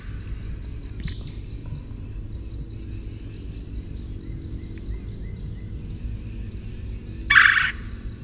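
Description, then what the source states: Red-bellied woodpecker giving a single short, harsh, rolling call near the end, over a steady low rumble of background noise. Kwirr call.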